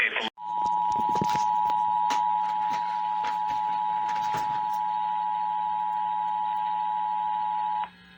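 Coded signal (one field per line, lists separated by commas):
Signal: Emergency Alert System (SAME) tones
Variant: 853 and 960 Hz attention tone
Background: speech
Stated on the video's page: Real alerts captured during a derecho.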